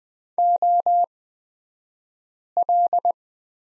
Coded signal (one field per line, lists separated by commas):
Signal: Morse code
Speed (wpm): 20 wpm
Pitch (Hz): 700 Hz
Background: none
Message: OL